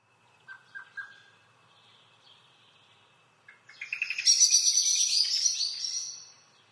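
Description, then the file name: Eurasian blackbird calling: a few soft notes, then a fast chatter of sharp, high notes that rises quickly in pitch and loudness, lasts about three seconds, then fades. "Turdus merula"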